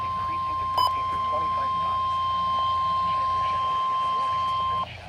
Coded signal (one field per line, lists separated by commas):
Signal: Emergency Alert System (SAME) tones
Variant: 1050 Hz attention tone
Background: speech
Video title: EAS Severe Thunderstorm Warning on KZZ81 NOAA Radio (7/10/2025) EAS #529